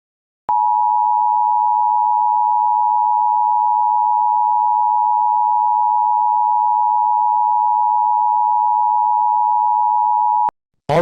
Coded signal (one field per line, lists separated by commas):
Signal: Emergency Alert System (SAME) tones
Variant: 853 and 960 Hz attention tone